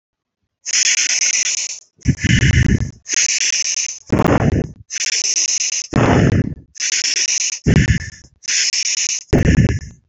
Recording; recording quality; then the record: deep breathing; excellent, no background noise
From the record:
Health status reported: healthy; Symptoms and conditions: none ticked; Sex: male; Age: 31 years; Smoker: not ticked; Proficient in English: yes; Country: India